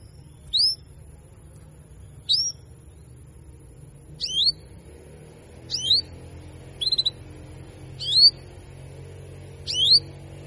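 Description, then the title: Canary repeating bright, rising high-pitched chirps roughly every one and a half seconds, one delivered as a quick stuttering burst, with a gentle low hum behind. Belgian canary; female canary giving 'cuit cuit' calls to stimulate and excite male canaries into singing more actively. "Canto Para Esquentar Canário Belga. Therapy Suara Cuit.. Cuit.. Kenari Betina Bikin Kenari Jantan Makin Gacor"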